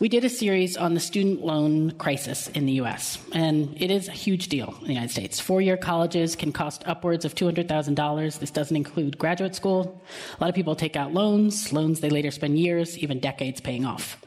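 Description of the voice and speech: A woman speaks fluently and steadily at a moderate pitch. Her voice is clear and smooth, with brief natural pauses and no hoarseness, stuttering or slurring. This is typical adult speech.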